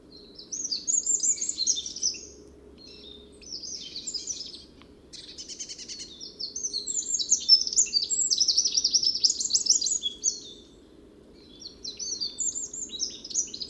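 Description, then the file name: Eurasian wren pouring out several vigorous high-pitched phrases of rapid notes and buzzy trills, the longest about five seconds, with short gaps between them. "Troglodytes troglodytes"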